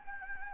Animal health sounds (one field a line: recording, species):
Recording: mosquito wingbeat signal from an infrared sensor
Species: Anopheles gambiae